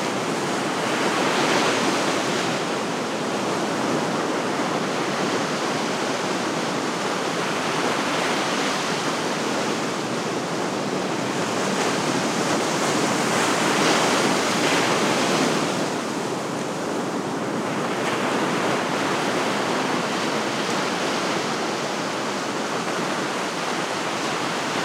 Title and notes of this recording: Ocean Waves on a Cabo Night. Waves crash on the shores of a sandy beach, late in the evening in Cabo San Lucas.